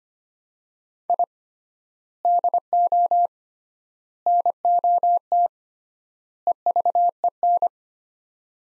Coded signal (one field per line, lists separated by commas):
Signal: Morse code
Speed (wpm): 25 wpm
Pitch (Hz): 700 Hz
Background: none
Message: I DO NOT EVEN